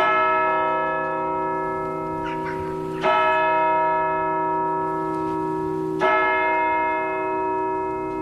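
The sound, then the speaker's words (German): Old church bells ring out merrily after a wedding in loud, resonant strikes roughly every three seconds, each clang blooming into a long, shimmering hum that overlaps the next, with no voices present. “Hierauf läuteten die alten Kirchenglocken so munter, wie sie konnten, und die Hochzeitsgesellschaft kehrte nach Hause zurück.”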